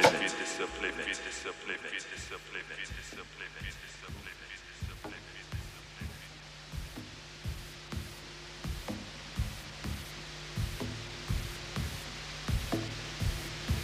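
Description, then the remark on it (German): A steady wash of broad, deliberate white noise, intended by the artist, fills a slow electronic track, with regular soft thumping pulses and sustained low tones running beneath the noise throughout. “das hier ist keine technische Panne, sondern weißes Rauschen. Gewollt vom Künstler”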